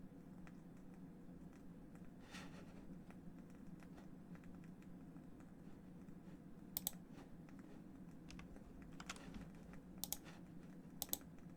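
Sparse keyboard clicks over a steady low hum, with a few crisp, bright taps standing out near 7, 9, 10 and 11 seconds. Between them come softer, irregular clicks and a brief rustling sweep around 2 seconds.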